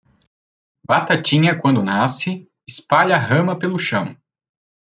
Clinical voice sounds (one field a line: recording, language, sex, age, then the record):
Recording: short text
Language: Brazilian Portuguese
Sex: male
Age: 20 to 29 years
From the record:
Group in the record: control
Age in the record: 25 years